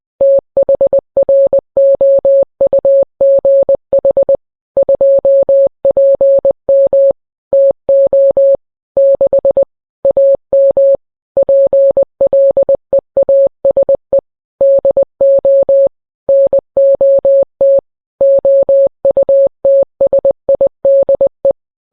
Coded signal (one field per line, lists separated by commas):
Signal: Morse code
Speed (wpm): 20 wpm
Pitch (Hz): 550 Hz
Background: none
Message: THROUGH 2PM TO 6 AM PLEASE DO NOT OUTSIDE